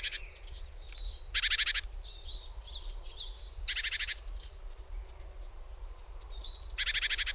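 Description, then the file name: Great tit giving three dry, buzzy churrs, each introduced by a sharp high tick, with soft high chirps and twitters filling the gaps. "Parus major"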